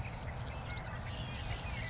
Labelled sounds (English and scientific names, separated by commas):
Savannah Sparrow (Passerculus sandwichensis)